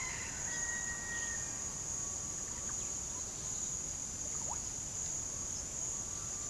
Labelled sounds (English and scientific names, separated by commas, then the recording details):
Russet-backed Oropendola (Psarocolius angustifrons)
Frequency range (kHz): Russet-backed Oropendola (Psarocolius angustifrons) 0.1-2.5 kHz
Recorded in pastures near Puerto Asís, Putumayo, Colombia, on 29 June 2025 at 15:30
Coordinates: 0.497, -76.327
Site G040